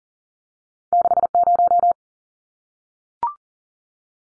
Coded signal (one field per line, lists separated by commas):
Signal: Morse code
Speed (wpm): 40 wpm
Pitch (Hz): 700 Hz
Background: none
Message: 60